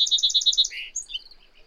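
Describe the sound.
Bird song fragment: a quick trill of six repeated notes, then a buzzy slurred note and a few thin high chirps.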